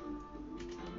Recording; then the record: background sound without coughing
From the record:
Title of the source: BackgroundMusic3